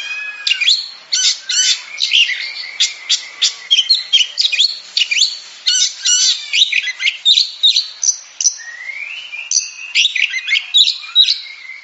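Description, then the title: Oriental magpie-robin song: a loud, continuous stream of varied whistles, chips and rapid trills, with hardly a pause between phrases. Champion singing bird. "Kicau Burung Kacer Juara"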